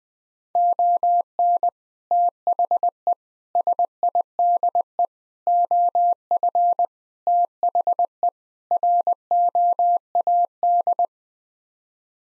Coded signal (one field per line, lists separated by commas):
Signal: Morse code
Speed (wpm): 20 wpm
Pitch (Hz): 700 Hz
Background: none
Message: ON THE SIDE OF THE ROAD